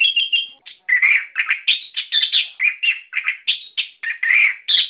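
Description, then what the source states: Songbird giving fast, scratchy warbling in quick bursts throughout. Masteran song for training cage birds.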